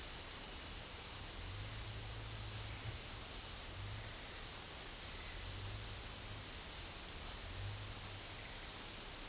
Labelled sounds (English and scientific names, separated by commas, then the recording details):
none
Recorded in dense forest near Puerto Asís, Putumayo, Colombia, on 22 December 2024 at 12:30
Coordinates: 0.486, -76.317
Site G003